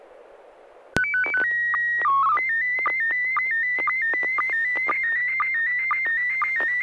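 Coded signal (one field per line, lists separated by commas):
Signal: SSTV (slow-scan television)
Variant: PD 120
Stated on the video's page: SSTV net on an FM repeater on 441.300 MHz in Sacramento, California.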